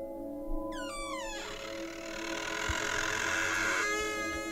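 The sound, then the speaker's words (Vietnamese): Two wooden doors creak with a long, wavering, high-pitched groan as a cold gust of wind blows in, followed by a rushing wash of noise, a dull thud, and another short creak as they bang shut. “Hai tấm cửa gỗ rít lên kéo ca kéo kẹt rồi đóng sầm lại.”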